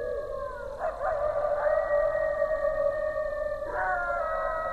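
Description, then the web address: Coyote howling in long steady tones, with sliding, breaking cries twice cutting across the sustained howl. Several coyotes recorded on 20 January 2012. "sounds mammals Coyote 2012 01 20 Coyotes"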